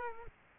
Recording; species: mosquito wingbeat signal from an infrared sensor; Culex quinquefasciatus